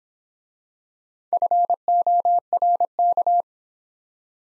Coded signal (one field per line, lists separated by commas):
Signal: Morse code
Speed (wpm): 26 wpm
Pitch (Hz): 700 Hz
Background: none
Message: FORK